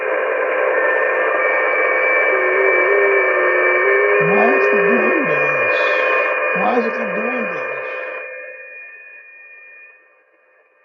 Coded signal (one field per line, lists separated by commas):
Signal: FT8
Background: speech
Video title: Danny Shortwave And Radio DX Live Stream #219 4/25/2025 Happy Friday Sony XDR-S3HD eBay buy Part 2